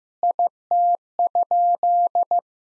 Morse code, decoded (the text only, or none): IT?